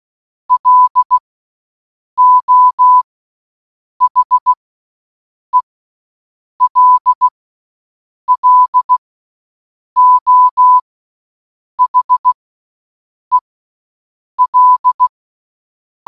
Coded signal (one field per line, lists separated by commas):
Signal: Morse code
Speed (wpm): 16 wpm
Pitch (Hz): 1000 Hz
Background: none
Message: LO HELLO HEL